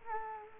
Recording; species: mosquito wingbeat signal from an infrared sensor; Culex quinquefasciatus